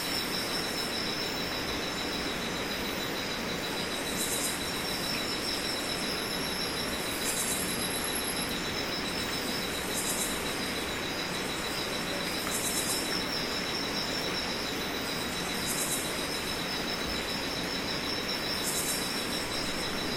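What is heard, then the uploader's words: The Rio Napo river rushes in a dense, unbroken roar that holds steady from start to finish, filling everything from low rumble to bright hiss. About every three seconds a short, sharp high-pitched burst rises above the flow, and a thin whistle sounds briefly near the eight-second mark. 12pm, sounds of the Rio Napo river. Recorded by Mark Wilden.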